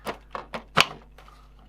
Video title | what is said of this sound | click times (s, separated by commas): Walkthrough | relievers are snaps back into position the | 0.8 s